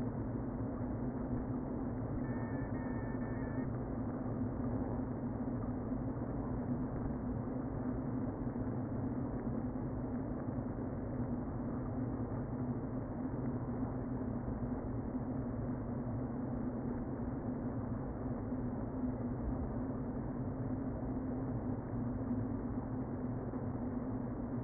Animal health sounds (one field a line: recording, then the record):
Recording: honeybee colony, microphone inside the hive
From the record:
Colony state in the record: queen present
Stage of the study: before two queens were removed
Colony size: about 60,000 bees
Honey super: yes